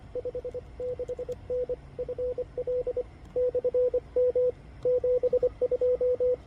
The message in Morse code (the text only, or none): 56N FL/M 72